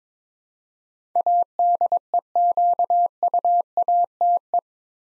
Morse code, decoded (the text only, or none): ADEQUATE